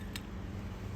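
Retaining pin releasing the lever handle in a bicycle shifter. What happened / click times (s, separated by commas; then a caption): The pin released the handle with a single sharp click / 0.2 s. A small retaining pin is pushed inside a bicycle shifter to release the lever handle. A single sharp click at 0.2 s marks the pin letting go over a steady low hum, and the handle is released.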